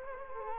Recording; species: mosquito wingbeat signal from an infrared sensor; Culex quinquefasciatus